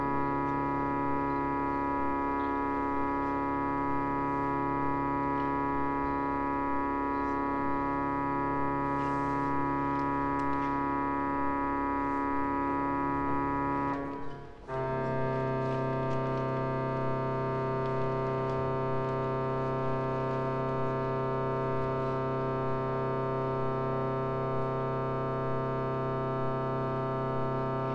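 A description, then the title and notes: A large church organ sounds a sustained, full chord during tuning, steady and dense with deep low notes and bright upper pipes. Around the fourteenth second the sound briefly cuts out, then a slightly different chord resumes and holds to the end. Temppeliaukio Church organ tuning [field recording]. A recording made inside the church in a rock in Helsinki (Temppeliaukio), december 2012. The big church organ is being tuned.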